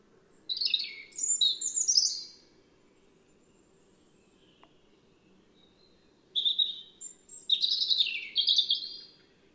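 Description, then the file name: European robin singing two separate phrases of high, tinkling, warbled notes, split by a silent pause of about four seconds. "Erithacus rubecula"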